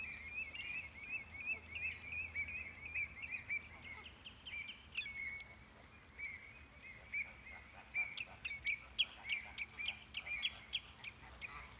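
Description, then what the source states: Flamingos giving nasal honking calls in a continuous group chorus, with sharper clicks and bursts toward the end. Captive flamingos recorded in the flamingo enclosure at Bristol Zoo.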